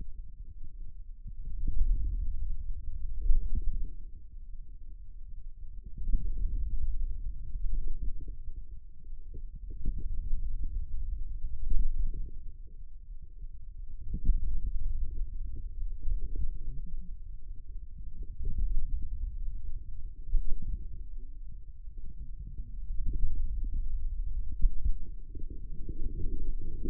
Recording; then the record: forearm muscle sounds (acoustic myography)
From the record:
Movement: pen grasping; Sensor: system 2, bracelet of six BSWA MPA416 microphones around the upper forearm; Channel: 6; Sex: male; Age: 22 years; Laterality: right